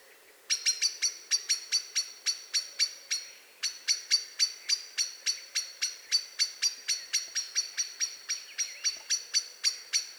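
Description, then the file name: Eurasian blackbird giving a rapid, sharp, metallic chattering alarm, about three to four notes a second, running almost continuously with one brief pause. "Turdus merula"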